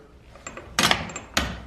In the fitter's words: you can see it's already locked into place again see